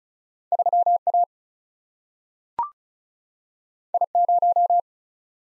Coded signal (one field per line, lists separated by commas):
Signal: Morse code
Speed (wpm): 36 wpm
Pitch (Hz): 700 Hz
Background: none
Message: 3A I0